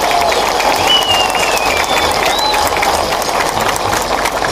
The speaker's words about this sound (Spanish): Así que por eso yo solicito de ustedes un aplauso muy grande para el doctor Juan Manuel.